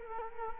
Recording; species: mosquito wingbeat signal from an infrared sensor; Culex quinquefasciatus